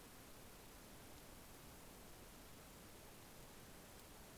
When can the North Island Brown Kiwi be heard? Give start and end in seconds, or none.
none